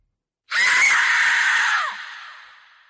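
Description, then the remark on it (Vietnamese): Right after a talisman is thrown, a sudden, harsh pained scream bursts out loud and sustained for over a second, raspy and high-pitched, then breaks off into a fading, breathy tail. “Linh phù vừa được đánh đi, lập tức một tiếng hét đau đớn vang lên.”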